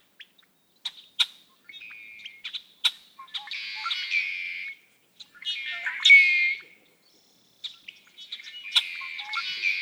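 Red-winged blackbird singing: scattered sharp chips lead into three harsh, buzzy trilled phrases spaced a few seconds apart, in a quiet background.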